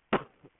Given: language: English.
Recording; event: throat vibration sensor signal played as sound; cough